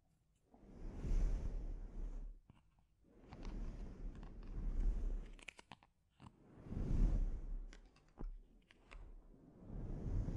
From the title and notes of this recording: ASMR Sleep Inducing Scalp Treatment (No Talking).